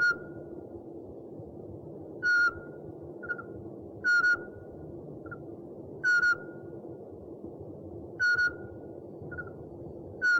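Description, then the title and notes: Owl call: short steady whistled notes, some doubled, repeated about every two seconds, with a soft shorter note after some of them, over a constant low rumble. One of 69 call variants recorded from 11 owl species. "Sovy - Eulen - Owls. 69 variant hlasů - 11 druhů sov"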